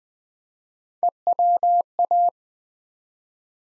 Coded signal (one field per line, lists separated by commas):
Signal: Morse code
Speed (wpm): 20 wpm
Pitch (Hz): 700 Hz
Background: none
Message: EWA